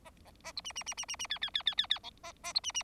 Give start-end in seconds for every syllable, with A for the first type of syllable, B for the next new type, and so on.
0.04-0.10 A, 0.25-0.31 A, 0.44-0.52 A, 0.56-0.61 B, 0.64-0.72 C, 0.75-0.83 C, 0.86-0.94 C, 0.97-1.05 C, 1.08-1.16 C, 1.19-1.27 C, 1.30-1.38 D, 1.41-1.50 D, 1.54-1.63 D, 1.66-1.75 D, 1.77-1.87 D, 1.90-1.99 D, 2.03-2.10 E, 2.23-2.33 A, 2.43-2.53 A, 2.54-2.60 B, 2.63-2.72 C, 2.74-2.83 C